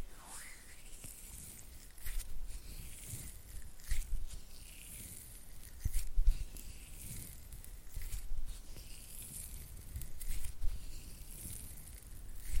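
Slick, oily hand sounds with fluttering fingers make a soft, continuous hiss and rustle, bright and airy on top with a low rumble underneath. Louder wet swishes and brief taps stand out near 2, 4, 6, 8 and 10.5 seconds, roughly every two seconds.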